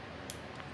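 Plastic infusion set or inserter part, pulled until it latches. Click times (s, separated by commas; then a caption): 0.3 s. While changing a T:slim insulin pump site, a plastic part of the infusion set or inserter is pulled out until it latches with a small, quiet click at 0.3 s, leaving it ready to be connected. A fainter tick follows at 0.6 s over a low, steady background.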